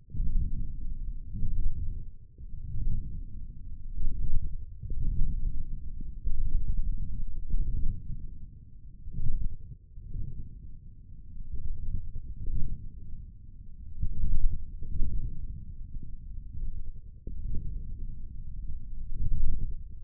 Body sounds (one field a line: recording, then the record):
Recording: forearm muscle sounds (acoustic myography)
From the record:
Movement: wrist flexion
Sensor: system 1, eight BSWA MPA416 microphones around the upper forearm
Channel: 5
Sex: male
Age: 20 years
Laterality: left